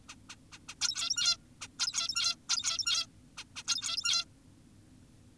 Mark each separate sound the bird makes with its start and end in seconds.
0.09-0.15, 0.30-0.36, 0.52-0.59, 0.69-0.75, 0.82-1.37, 1.61-1.68, 1.79-2.36, 2.49-3.06, 3.38-3.44, 3.56-3.63, 3.68-4.25